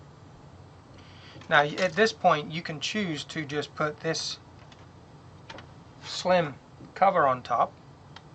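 A slim plastic cover is handled over the top of a MaticBox case for a Raspberry Pi single-board computer while someone talks. Faint handling ticks occur around 4.7, 5.5, 5.6 and 8.2 seconds, but the lid has not yet been pressed on, and nothing has seated or clicked into place yet.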